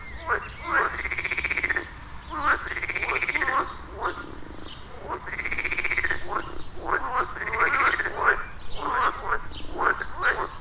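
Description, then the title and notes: Frogs calling in chorus, drawn-out nasal croaks lasting about a second each, interspersed with shorter clicking rattles from other frogs. Frog chorus at the village pond in Wohlsborn, Germany; recorded with a TASCAM DR-40X. "Wohlsborn, Deutschland - Froschkonzert. Frog concert. Froschkonzert am Dorfteich in Wohlsborn"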